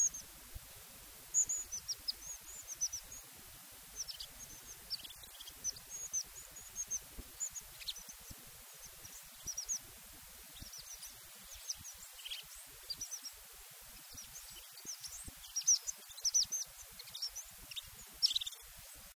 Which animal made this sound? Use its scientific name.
Lophophanes cristatus